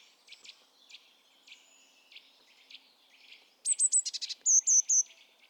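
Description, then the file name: Eurasian blue tit calling: faint scattered notes, then a quick series of high sharp and buzzy notes followed by three clear whistles near the end. "Cyanistes caeruleus"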